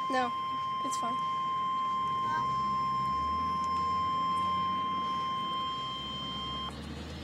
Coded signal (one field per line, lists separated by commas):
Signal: Emergency Alert System (SAME) tones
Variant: 1050 Hz attention tone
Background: speech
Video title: REAL EAS 534-Severe thunderstorm warning